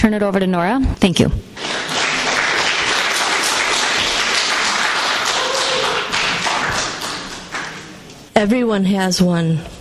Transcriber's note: applause